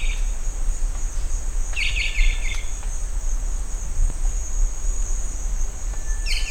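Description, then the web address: Rondonia bushbird giving a single buzzy rattling call, with another beginning at the very end, over constant shrill insect noise. "sound Rondônia-bushbird"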